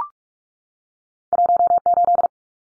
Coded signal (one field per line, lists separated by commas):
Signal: Morse code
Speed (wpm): 44 wpm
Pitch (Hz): 700 Hz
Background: none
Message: 18